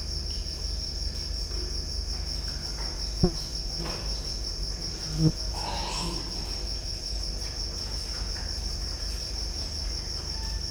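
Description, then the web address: Cricket trilling in one even, high, sustained tone for the whole stretch, with deep background rumble and two brief sharp knocks. Recorded at Győr zoo in 2014, near electrical equipment. "allathangok gyorizoo 2014. tucsok"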